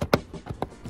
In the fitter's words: make sure they go in make sure your clips either side are aligned pop them in and you should just get a nice little click as they go in there